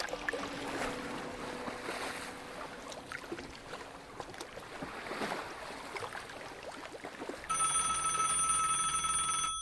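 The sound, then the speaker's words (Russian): Gentle washing waves and water ambience give way abruptly to a loud, steady electronic telephone ring with bright, layered tones that continues to the end; a morning phone call waking a woman. “Утром ее разбудил телефонный звонок.”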